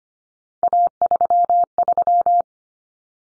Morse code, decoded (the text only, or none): A33